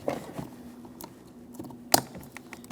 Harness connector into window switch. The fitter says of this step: We have some electrical connectors here. Audible click from that.